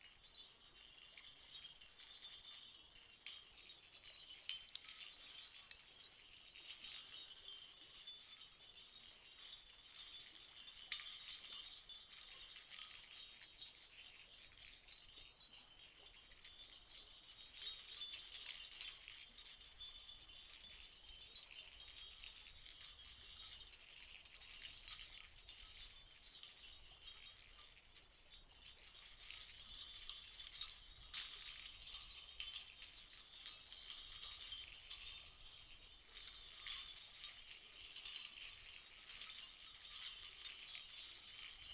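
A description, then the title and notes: Small bells on a pair of decorated reindeer antlers jingle continuously, a bright, dense shimmer of tinkling with almost no low end. The rattling swells and eases in waves, louder around 7, 18 and 31 to 37 seconds, with a brief lull near 28 seconds. A pair of bell-embellished reindeer antlers play a central role in creating the soundscape.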